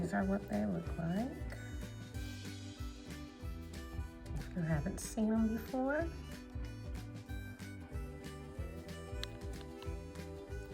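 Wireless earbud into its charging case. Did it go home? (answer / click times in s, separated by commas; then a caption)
yes / 9.2 s. A wireless earbud is put back into its charging case and the magnet pulls it into its slot, with a sharp snap at 9.2 s as it seats. Someone talks over background music throughout.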